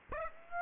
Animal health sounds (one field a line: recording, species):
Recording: mosquito wingbeat signal from an infrared sensor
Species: Aedes aegypti